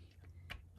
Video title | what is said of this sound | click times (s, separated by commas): Block Building Fun Fold | in the embossing folder and you can see it clicks right into place | 0.5 s